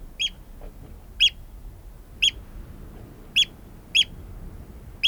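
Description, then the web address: Eurasian oystercatcher calls: six loud, sharp, high piping 'kleep' notes, spaced about one second apart with slightly uneven timing, over quiet low background hiss. "Oystercatcher"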